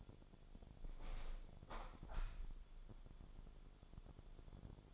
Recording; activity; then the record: daily activity, microphone in the room; open window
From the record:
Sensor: 5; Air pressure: 1006.5 hPa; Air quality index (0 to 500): 182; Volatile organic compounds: 5 ppm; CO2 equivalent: 1728 ppm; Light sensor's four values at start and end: 56/159/62/63 and 56/160/62/63